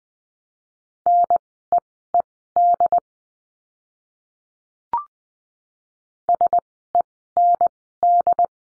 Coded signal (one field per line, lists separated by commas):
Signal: Morse code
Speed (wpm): 20 wpm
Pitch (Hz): 700 Hz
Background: none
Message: NEED SEND